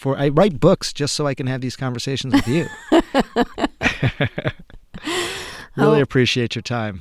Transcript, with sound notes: I write books just so I can have these conversations with you.
(LAUGHTER)
I really appreciate your time.